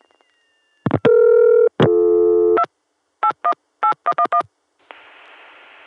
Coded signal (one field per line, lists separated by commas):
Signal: DTMF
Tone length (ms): 80 ms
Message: 2 818111